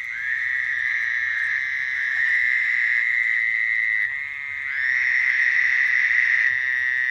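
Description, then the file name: Fowler's toad buzzing almost nonstop, long nasal drones running one into the next. "Fowlers Toad (Wild America)"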